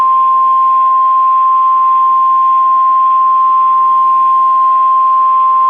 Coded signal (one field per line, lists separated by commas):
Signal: Emergency Alert System (SAME) tones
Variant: 1050 Hz attention tone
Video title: EAS Capture - Tornado Watch #340 Central Florida | Hurricane Elsa 07-07-2021 [EAS#77]